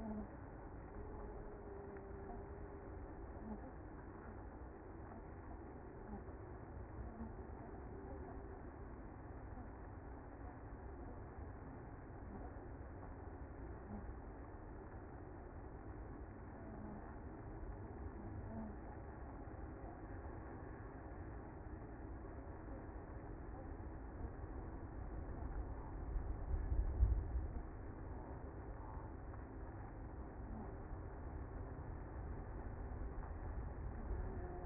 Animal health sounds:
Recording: honeybee colony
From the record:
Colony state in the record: active

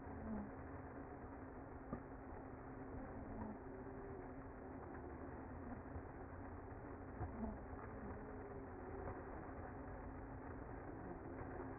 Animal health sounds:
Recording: honeybee colony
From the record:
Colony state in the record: active

